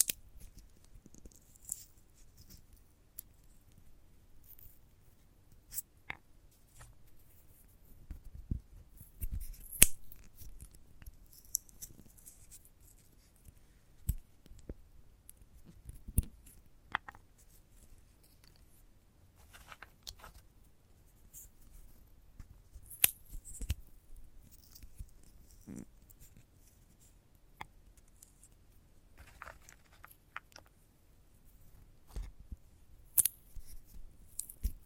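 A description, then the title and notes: Crisp handling sounds of a sunflower head: dry clicks, snaps and scratchy crackles scattered irregularly across the whole stretch. A few sharper snaps stand out, around 10, 14 and 23 seconds. Between them sits a soft, low, steady murmur. ASMR of a Sunflower Head (No Talking).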